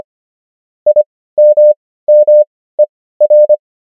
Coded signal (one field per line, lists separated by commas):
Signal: Morse code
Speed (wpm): 25 wpm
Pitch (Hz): 600 Hz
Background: none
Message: IMMER